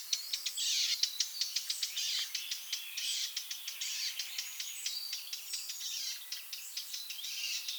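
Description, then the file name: Eurasian blackcap with repeated sharp tacking clicks, several each second, set against constant high-pitched hissing background noise. "Sylvia atricapilla"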